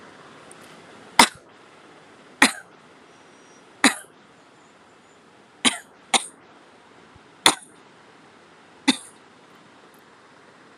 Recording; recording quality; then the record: heavy voluntary cough; excellent, no background noise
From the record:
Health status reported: healthy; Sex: female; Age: 28 years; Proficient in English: yes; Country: India